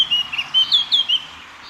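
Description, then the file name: Eurasian blackcap, a short series of clear fluting whistled notes, some rising and falling, over faint background hiss. "Sylvia atricapilla"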